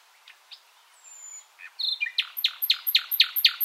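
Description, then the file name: Common nightingale song: a few soft notes and a thin whistle, then a series of loud, sharp repeated chips. "Luscinia megarhynchos"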